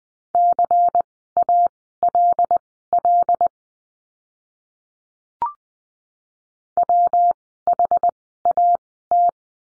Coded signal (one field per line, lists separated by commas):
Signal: Morse code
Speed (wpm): 20 wpm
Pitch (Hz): 700 Hz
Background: none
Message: CALL WHAT